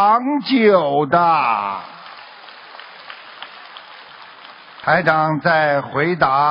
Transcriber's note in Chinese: 掌声